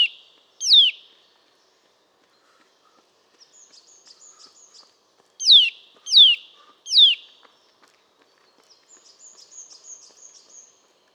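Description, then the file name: Eurasian nuthatch calls: sharp notes falling steeply in pitch, given singly and in a quick run of three, with faint high twittering notes. "Sitta europaea"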